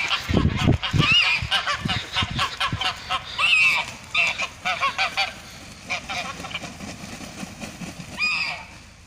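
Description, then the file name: Goose: geese calling with scattered nasal honks and gabbling, mixed with low thumps and rustling noises. "Odglosy zwierzat gesi"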